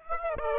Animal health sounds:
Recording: mosquito wingbeat signal from an infrared sensor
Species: Aedes aegypti

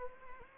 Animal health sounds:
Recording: mosquito wingbeat signal from an infrared sensor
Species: Anopheles arabiensis

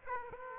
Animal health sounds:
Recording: mosquito wingbeat signal from an infrared sensor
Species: Aedes aegypti

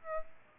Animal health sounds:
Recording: mosquito wingbeat signal from an infrared sensor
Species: Aedes aegypti

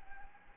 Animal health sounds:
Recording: mosquito wingbeat signal from an infrared sensor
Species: Anopheles gambiae

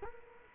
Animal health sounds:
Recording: mosquito wingbeat signal from an infrared sensor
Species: Culex quinquefasciatus

